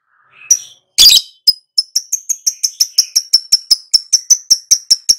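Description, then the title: Lovebird chattering: a brief harsh rasping burst, then a rapid steady series of high clipped chirps. Lovebird prompted to answer and sing steadily and energetically; the Indonesian term gacor describes this sustained singing. "Pancingan Lovebird Agar Nyaut GACOR"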